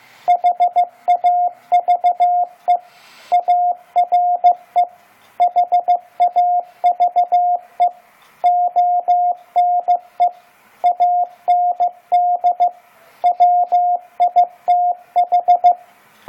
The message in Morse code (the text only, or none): HAVE ARE HAVE ONE AND WITH